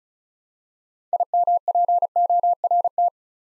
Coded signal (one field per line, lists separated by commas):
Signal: Morse code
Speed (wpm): 36 wpm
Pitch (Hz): 700 Hz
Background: none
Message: IMPORT